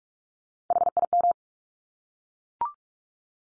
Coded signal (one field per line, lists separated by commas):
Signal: Morse code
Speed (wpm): 44 wpm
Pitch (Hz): 700 Hz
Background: none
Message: HIM